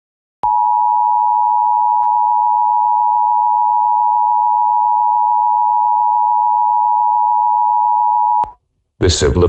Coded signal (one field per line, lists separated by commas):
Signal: Emergency Alert System (SAME) tones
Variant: 853 and 960 Hz attention tone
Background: speech